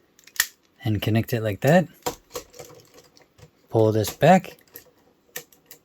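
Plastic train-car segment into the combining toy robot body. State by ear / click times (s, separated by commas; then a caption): not seated / none. Someone talks while handling a plastic train-car segment of a combining ToQ-Oh Megazord toy robot, pulling it back and moving it toward position in the robot body. Short, sharp plastic taps and knocks sound between the words, the loudest near 0.4 s and 2.1 s. The segment has not clicked into place yet.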